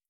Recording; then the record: hydrophone in a shrimp aquaculture tank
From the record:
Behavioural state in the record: starved